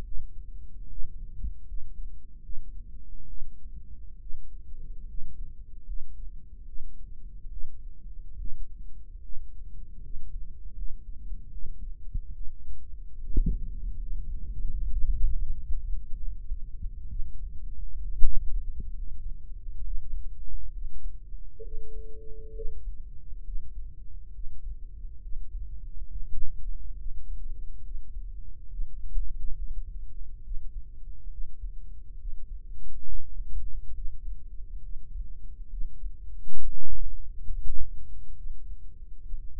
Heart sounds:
heart sounds by microphone in the right ear; 70 bpm
0.03 s: heartbeat
0.88 s: heartbeat
1.65 s: heartbeat
2.41 s: heartbeat
3.26 s: heartbeat
4.18 s: heartbeat
5.06 s: heartbeat
5.85 s: heartbeat
6.65 s: heartbeat
7.49 s: heartbeat
8.36 s: heartbeat
9.21 s: heartbeat
10.01 s: heartbeat
10.74 s: heartbeat
11.49 s: heartbeat
12.32 s: heartbeat
13.19 s: heartbeat
13.97 s: heartbeat
14.68 s: heartbeat
15.36 s: heartbeat
16.14 s: heartbeat
17.08 s: heartbeat
18.00 s: heartbeat
18.91 s: heartbeat
19.82 s: heartbeat
20.71 s: heartbeat
21.62 s: heartbeat
22.53 s: heartbeat
23.43 s: heartbeat
24.32 s: heartbeat
25.20 s: heartbeat
26.07 s: heartbeat
26.96 s: heartbeat
27.82 s: heartbeat
28.68 s: heartbeat
29.53 s: heartbeat
30.42 s: heartbeat
31.29 s: heartbeat
32.17 s: heartbeat
33.04 s: heartbeat
33.93 s: heartbeat
34.80 s: heartbeat
35.68 s: heartbeat
36.56 s: heartbeat
37.44 s: heartbeat
38.34 s: heartbeat
39.21 s: heartbeat
From the record:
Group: healthy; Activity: rest 0-24 s, breath hold 24-40 s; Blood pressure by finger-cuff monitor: 115/62 mmHg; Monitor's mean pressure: 77 mmHg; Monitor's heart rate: 69 bpm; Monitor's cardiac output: 6.5 L/min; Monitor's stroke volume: 90 mL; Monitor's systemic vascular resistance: 880 dyn s/cm5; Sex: female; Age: 22 years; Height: 160 cm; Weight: 63 kg

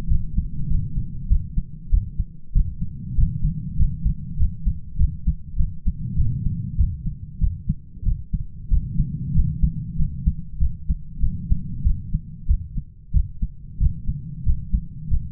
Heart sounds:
heart sounds by stethoscope; 96 bpm
0.09 s: heartbeat
0.69 s: heartbeat
1.29 s: heartbeat
1.91 s: heartbeat
2.54 s: heartbeat
3.17 s: heartbeat
3.78 s: heartbeat
4.39 s: heartbeat
4.98 s: heartbeat
5.57 s: heartbeat
6.17 s: heartbeat
6.77 s: heartbeat
7.40 s: heartbeat
8.05 s: heartbeat
8.70 s: heartbeat
9.35 s: heartbeat
9.97 s: heartbeat
10.60 s: heartbeat
11.21 s: heartbeat
11.84 s: heartbeat
12.47 s: heartbeat
13.13 s: heartbeat
13.79 s: heartbeat
14.45 s: heartbeat
15.10 s: heartbeat
From the record:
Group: healthy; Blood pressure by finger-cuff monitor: 124/64 mmHg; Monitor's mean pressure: 80 mmHg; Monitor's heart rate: 97 bpm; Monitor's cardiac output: 10.3 L/min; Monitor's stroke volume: 107 mL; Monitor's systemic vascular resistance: 570 dyn s/cm5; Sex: male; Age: 33 years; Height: 179 cm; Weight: 80.4 kg

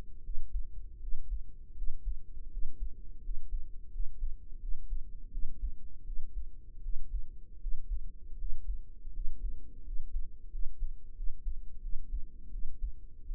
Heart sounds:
heart sounds by microphone in the right ear; 83 bpm
0.20 s: heartbeat
0.97 s: heartbeat
1.72 s: heartbeat
2.47 s: heartbeat
3.19 s: heartbeat
3.88 s: heartbeat
4.57 s: heartbeat
5.28 s: heartbeat
6.02 s: heartbeat
6.79 s: heartbeat
7.57 s: heartbeat
8.34 s: heartbeat
9.10 s: heartbeat
9.81 s: heartbeat
10.48 s: heartbeat
11.13 s: heartbeat
11.79 s: heartbeat
12.48 s: heartbeat
13.22 s: heartbeat
From the record:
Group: healthy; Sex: female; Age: 32 years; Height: 168 cm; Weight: 61.9 kg

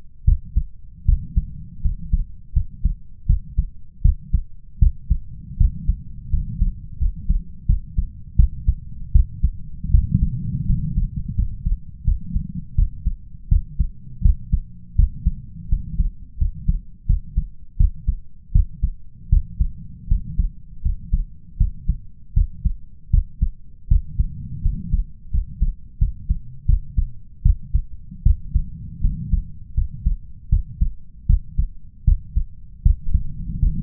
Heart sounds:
heart sounds by stethoscope; 81 bpm
0.24 s: heartbeat
1.05 s: heartbeat
1.81 s: heartbeat
2.53 s: heartbeat
3.26 s: heartbeat
4.01 s: heartbeat
4.78 s: heartbeat
5.57 s: heartbeat
6.29 s: heartbeat
6.98 s: heartbeat
7.66 s: heartbeat
8.36 s: heartbeat
9.12 s: heartbeat
9.90 s: heartbeat
10.65 s: heartbeat
11.35 s: heartbeat
12.04 s: heartbeat
12.74 s: heartbeat
13.48 s: heartbeat
14.21 s: heartbeat
14.95 s: heartbeat
15.68 s: heartbeat
16.37 s: heartbeat
17.06 s: heartbeat
17.76 s: heartbeat
18.51 s: heartbeat
19.29 s: heartbeat
20.07 s: heartbeat
20.81 s: heartbeat
21.57 s: heartbeat
22.33 s: heartbeat
23.10 s: heartbeat
23.87 s: heartbeat
24.61 s: heartbeat
25.30 s: heartbeat
25.98 s: heartbeat
26.65 s: heartbeat
27.42 s: heartbeat
28.22 s: heartbeat
29.00 s: heartbeat
29.74 s: heartbeat
30.49 s: heartbeat
31.26 s: heartbeat
32.04 s: heartbeat
32.82 s: heartbeat
33.59 s: heartbeat
From the record:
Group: healthy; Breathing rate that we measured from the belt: 13 breaths a minute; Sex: male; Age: 21 years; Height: 180 cm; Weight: 67.5 kg

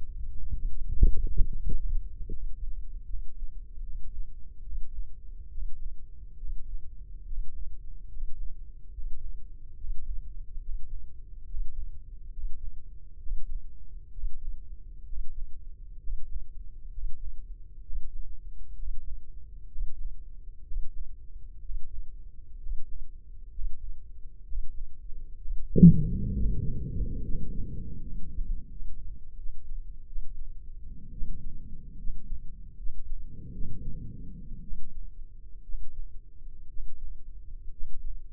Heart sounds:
heart sounds by microphone in the left ear; 68 bpm
0.53 s: heartbeat
1.47 s: heartbeat
2.29 s: heartbeat
3.05 s: heartbeat
3.81 s: heartbeat
4.61 s: heartbeat
5.49 s: heartbeat
6.36 s: heartbeat
7.24 s: heartbeat
8.08 s: heartbeat
8.91 s: heartbeat
9.75 s: heartbeat
10.60 s: heartbeat
11.45 s: heartbeat
12.30 s: heartbeat
13.18 s: heartbeat
14.10 s: heartbeat
15.04 s: heartbeat
15.98 s: heartbeat
16.89 s: heartbeat
17.81 s: heartbeat
18.74 s: heartbeat
19.67 s: heartbeat
20.63 s: heartbeat
21.60 s: heartbeat
22.58 s: heartbeat
23.50 s: heartbeat
24.43 s: heartbeat
25.36 s: heartbeat
26.32 s: heartbeat
27.21 s: heartbeat
27.99 s: heartbeat
28.69 s: heartbeat
29.36 s: heartbeat
30.05 s: heartbeat
31.11 s: heartbeat
31.97 s: heartbeat
32.76 s: heartbeat
33.52 s: heartbeat
34.61 s: heartbeat
35.62 s: heartbeat
36.67 s: heartbeat
37.70 s: heartbeat
From the record:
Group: healthy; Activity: breath hold 0-27 s, rest 27-38 s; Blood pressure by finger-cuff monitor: 130/75 mmHg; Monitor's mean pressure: 91 mmHg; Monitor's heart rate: 68 bpm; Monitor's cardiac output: 7.3 L/min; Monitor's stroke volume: 105 mL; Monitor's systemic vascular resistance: 930 dyn s/cm5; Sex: male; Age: 24 years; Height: 184 cm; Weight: 89 kg

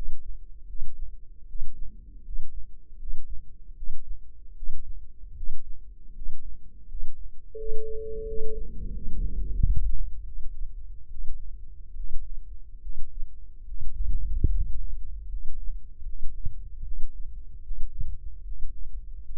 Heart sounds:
heart sounds by microphone in the left ear; 78 bpm
0.67 s: heartbeat
1.47 s: heartbeat
2.23 s: heartbeat
2.97 s: heartbeat
3.75 s: heartbeat
4.54 s: heartbeat
5.34 s: heartbeat
6.13 s: heartbeat
6.87 s: heartbeat
7.56 s: heartbeat
8.25 s: heartbeat
8.92 s: heartbeat
9.57 s: heartbeat
10.23 s: heartbeat
11.09 s: heartbeat
11.95 s: heartbeat
12.80 s: heartbeat
13.65 s: heartbeat
14.48 s: heartbeat
15.27 s: heartbeat
16.04 s: heartbeat
16.82 s: heartbeat
17.62 s: heartbeat
18.43 s: heartbeat
19.23 s: heartbeat
From the record:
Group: healthy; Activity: rest 0-7 s, breath hold 7-19 s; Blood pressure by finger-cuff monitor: 129/73 mmHg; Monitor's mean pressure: 86 mmHg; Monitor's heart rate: 77 bpm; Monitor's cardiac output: 7.2 L/min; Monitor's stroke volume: 91 mL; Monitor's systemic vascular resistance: 870 dyn s/cm5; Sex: male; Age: 23 years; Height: 179 cm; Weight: 87 kg

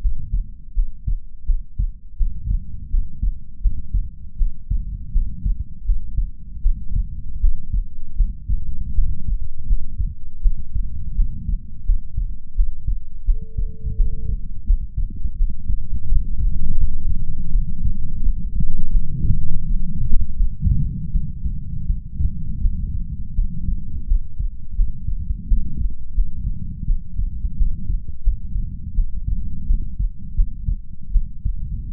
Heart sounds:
heart sounds by stethoscope; 83 bpm
0.72 s: heartbeat
1.44 s: heartbeat
2.16 s: heartbeat
2.88 s: heartbeat
3.60 s: heartbeat
4.36 s: heartbeat
5.11 s: heartbeat
5.83 s: heartbeat
6.61 s: heartbeat
7.39 s: heartbeat
8.14 s: heartbeat
8.93 s: heartbeat
9.65 s: heartbeat
10.40 s: heartbeat
11.14 s: heartbeat
11.84 s: heartbeat
12.53 s: heartbeat
13.24 s: heartbeat
13.95 s: heartbeat
14.64 s: heartbeat
15.35 s: heartbeat
16.06 s: heartbeat
16.76 s: heartbeat
17.50 s: heartbeat
18.21 s: heartbeat
18.90 s: heartbeat
19.66 s: heartbeat
20.35 s: heartbeat
21.11 s: heartbeat
21.85 s: heartbeat
22.60 s: heartbeat
23.34 s: heartbeat
24.06 s: heartbeat
24.74 s: heartbeat
25.47 s: heartbeat
26.13 s: heartbeat
26.85 s: heartbeat
27.56 s: heartbeat
28.22 s: heartbeat
28.94 s: heartbeat
29.65 s: heartbeat
30.34 s: heartbeat
31.11 s: heartbeat
31.89 s: heartbeat
From the record:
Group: healthy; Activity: rest 0-13 s, cold pressor test 13-32 s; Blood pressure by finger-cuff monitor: 107/63 mmHg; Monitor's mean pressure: 79 mmHg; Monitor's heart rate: 82 bpm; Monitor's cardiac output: 6.9 L/min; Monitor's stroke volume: 84 mL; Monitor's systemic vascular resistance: 820 dyn s/cm5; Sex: female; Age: 26 years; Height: 165 cm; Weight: 55 kg

